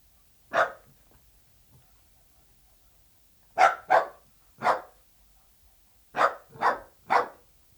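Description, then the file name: Dachshund giving seven loud barks, a single one first, then a double and a single, then a rapid run of three. "Het blaffen van een teckel - Beeld en Geluid"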